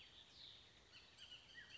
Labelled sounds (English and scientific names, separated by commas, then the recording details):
Bullock's Oriole (Icterus bullockii)
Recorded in Sonoma County, California